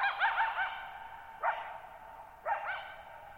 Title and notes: Lone Coyote at Thirtymile Meadows. I spent the night of July 14, 2019, camped near Thirtymile Meadows in the Okanogan National Forest at 6400 ft (1950 m)